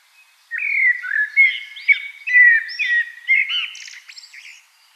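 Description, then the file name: Common blackbird delivering a long varied song phrase, liquid whistles sliding up and down and closing with a burst of high, scratchy notes. "Turdus merula"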